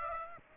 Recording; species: mosquito wingbeat signal from an infrared sensor; Aedes aegypti